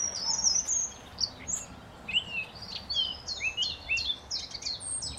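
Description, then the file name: Eurasian blackcap song, a quick run of high, sweeping chirps and slurred notes that rises and falls, with a soft hiss of background noise. "Sylvia atricapilla"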